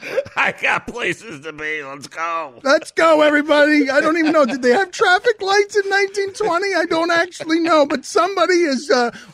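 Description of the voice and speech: An adult man speaks quickly and fluently in a casual, joking tone, with clear, ordinary voice quality.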